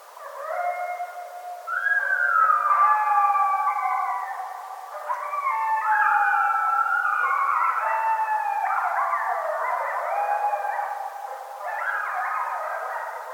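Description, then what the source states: Coyotes in a howling chorus, many layered rising and falling wails overlapping continuously, loud throughout with slight dips in between. Several coyotes recorded on 7 August 2011.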